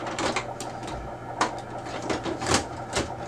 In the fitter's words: Once you hear it click, you'll know that it's inserted correctly.